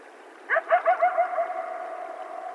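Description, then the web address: Coyote yips: a quick run of five or six yelps that fade into a lingering, even howl. Several coyotes, recorded on 12 July 2010. "Coyote 2010 07 12 Coyotes"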